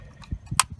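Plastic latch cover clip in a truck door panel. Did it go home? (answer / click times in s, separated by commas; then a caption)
released / 0.6 s. A small tool is pushed down into both slots of a plastic latch cover clip on a Toyota Tundra truck door panel, and the trim cover's clip latch releases with a sharp, bright click at 0.6 s. Softer low thuds of the tool working come before it, and a lighter tick follows at about 0.8 s.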